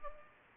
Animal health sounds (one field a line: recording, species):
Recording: mosquito wingbeat signal from an infrared sensor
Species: Anopheles gambiae